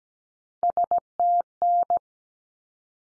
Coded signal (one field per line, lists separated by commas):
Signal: Morse code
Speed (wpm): 17 wpm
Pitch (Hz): 700 Hz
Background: none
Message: STN